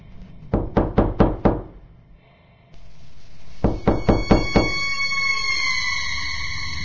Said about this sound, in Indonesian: Pintu yang di sebelah saya ada yang mengetuk. Saya pun terbangun mendengar itu. Mungkin saya pikir suara angin.